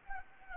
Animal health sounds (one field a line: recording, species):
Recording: mosquito wingbeat signal from an infrared sensor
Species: Anopheles gambiae